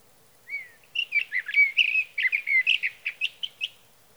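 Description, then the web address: Sage thrasher singing a long, jumbled warble that opens with a rising whistle and then runs into quick, varied chirps without pause. "birdsongforthecurious Sage Thrasher"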